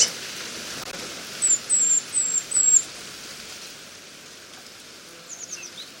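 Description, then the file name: Eurasian blue tit with four quick, high, thin call notes in a row, then faint softer notes later, over a background hiss. "Cyanistes caeruleus"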